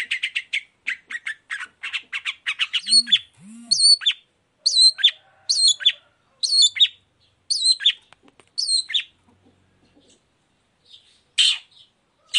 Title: Cendet Gacor Dor Di Kala Pagi Toet Toet Variasi Suara. Pancingan Emosi Cendet Gacor Full Variasi Toet Toet Bikin Nyaut Cendet Lain Langsung Ikutan Bunyi